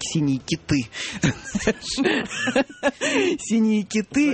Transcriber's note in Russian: все смеются